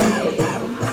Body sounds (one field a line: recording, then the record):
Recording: coughing mixed with background sound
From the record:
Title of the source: Cough Around the Clock!